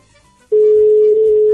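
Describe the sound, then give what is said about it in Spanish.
A telephone ringback tone on an outgoing call placed live on air from the radio program Egocéntrico: one loud, steady mid-pitched beep lasting about a second, following a brief stretch of near silence and then cutting off abruptly. “¿Suena el teléfono?”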